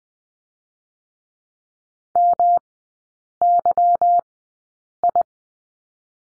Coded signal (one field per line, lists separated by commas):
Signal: Morse code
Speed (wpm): 20 wpm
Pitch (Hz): 700 Hz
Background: none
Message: MYI